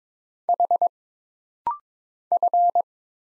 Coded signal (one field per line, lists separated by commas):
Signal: Morse code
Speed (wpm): 22 wpm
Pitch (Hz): 700 Hz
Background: none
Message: H F